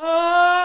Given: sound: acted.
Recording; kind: vocal sound; neutral vocalization